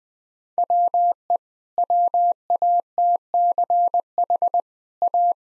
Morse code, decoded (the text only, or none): WE WATCH A